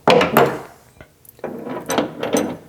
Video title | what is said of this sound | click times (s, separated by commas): Best Bike Rack for the Tesla Cybertruck! | rotate this until you hear it like that. Make sure it's locked all the way. | 0.4 s